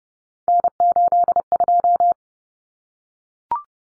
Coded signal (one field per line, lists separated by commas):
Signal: Morse code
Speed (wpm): 30 wpm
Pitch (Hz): 700 Hz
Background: none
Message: N82